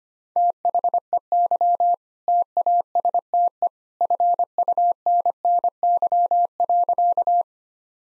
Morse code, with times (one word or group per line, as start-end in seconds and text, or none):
0.4-1.9 THEY
2.3-3.7 TASTE
4.0-7.4 FUNNY.